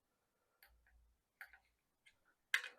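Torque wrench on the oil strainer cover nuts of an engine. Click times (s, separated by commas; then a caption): 2.5 s. A small torque wrench tightens the nuts on the oil sump strainer cover plate of an air-cooled engine. A few faint ticks come first, then a sharp click at 2.5 s as the wrench reaches its setting. The click is quieter than people expect from small wrenches, and tightening should stop once it is heard.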